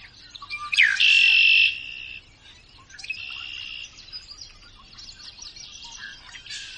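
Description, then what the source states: Red-winged Blackbird calling: a sharp sliding note followed by a loud buzzy trill, then fainter rattling trills. Played back at the end of a radio programme.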